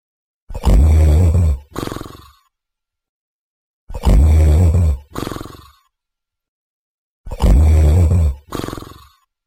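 Thunderous snoring from an adult sleeper: loud, low, rumbling snores repeating about 18 times per minute, each a long harsh rumble followed by a shorter, fading one.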